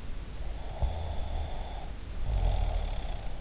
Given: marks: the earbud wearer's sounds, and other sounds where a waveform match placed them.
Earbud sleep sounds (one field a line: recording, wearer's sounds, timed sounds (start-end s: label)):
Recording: sounds in sleep by an in-ear microphone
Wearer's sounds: snoring breath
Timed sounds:
0.31-3.35 s: snoring breath